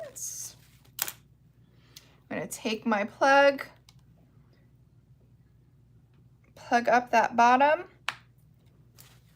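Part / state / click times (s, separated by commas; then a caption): sealing plug into the bottom of a snow globe tumbler / seated / 8.1 s. A rubber or plastic plug is pushed into the bottom hole of a snow globe glitter tumbler to seal it, while someone talks. A sharp snap at 8.1 s marks the plug seating in the hole, and the tumbler ends up plugged.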